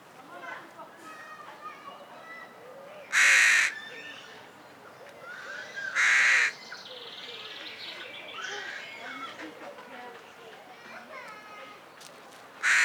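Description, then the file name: Carrion crow giving a few harsh caws spread over the recording, with fainter bird calls in the background. "Corvus corone"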